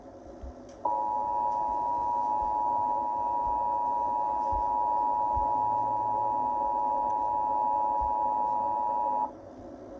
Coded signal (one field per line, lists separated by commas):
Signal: Emergency Alert System (SAME) tones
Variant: 853 and 960 Hz attention tone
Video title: EAS tornado warning Rutherford CO Tn Wilson Co Tn